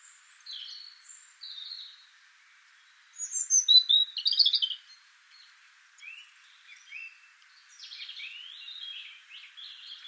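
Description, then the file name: European robin singing a varied phrase of high thin whistles and quick warbled trills, with a louder jumbled flourish midway and softer sliding notes after. "Erithacus rubecula"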